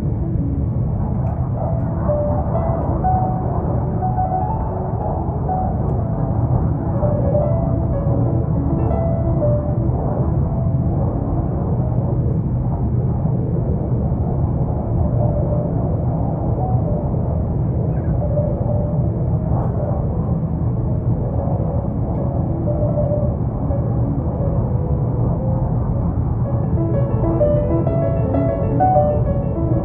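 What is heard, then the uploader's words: Airplane cabin noise fills all thirty seconds as a steady, dense low roar that barely changes in level. Faint, muffled strands of Mozart melody drift above the drone, clearer in places and especially near the end. No sharp events break the even hum. Relaxing Airplane Flight in First Class w/ Earbuds Playing Mozart Music.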